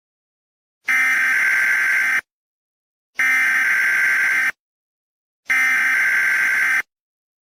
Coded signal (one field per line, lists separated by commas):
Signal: Emergency Alert System (SAME) tones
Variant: header bursts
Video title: Eas scenario: Horrors of the Freakager / Halloween special